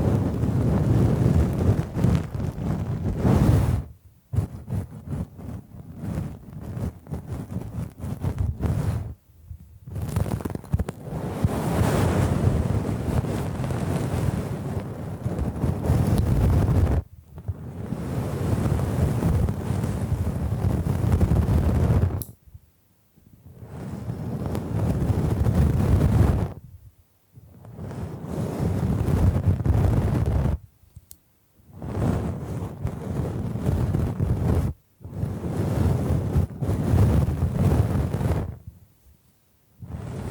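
Bamboo is scratched and brushed in dense, rough passages of about three to six seconds each, broken by brief silences roughly every four or five seconds. The scraping is full and rumbly underneath with a hissy top, swelling and easing within each stroke.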